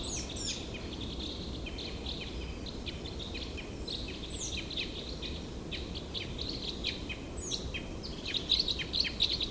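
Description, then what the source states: Red crossbill calls: many short, clipped notes throughout, louder near the end, over steady low background noise. Recorded 15 November 2014 in the Ruselgebiet area.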